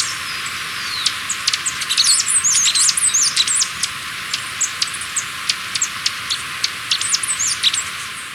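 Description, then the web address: Capped conebill giving a busy stream of very high, thin chips and short sliding notes, overlapping and irregular, over a steady high hiss. Recorded in Ecuador. "Natures Songs S America Birds of Ecuador. Capped Conebill"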